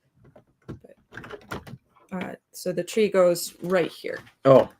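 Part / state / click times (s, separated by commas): plastic brick tree assembly onto studded baseplate of brick model / not seated / none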